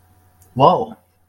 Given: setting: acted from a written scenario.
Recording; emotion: vocal sound without words; awe